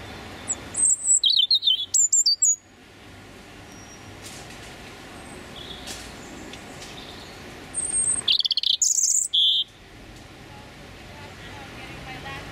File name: European Robin Erithacus rubecula male singing his territorial song